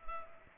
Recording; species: mosquito wingbeat signal from an infrared sensor; Culex pipiens